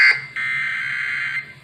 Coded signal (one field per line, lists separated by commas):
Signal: Emergency Alert System (SAME) tones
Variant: header bursts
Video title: (EAS #328 - #335) 2021 NATIONAL PERIODIC TEST DAY - EAS Tests from 8/11/21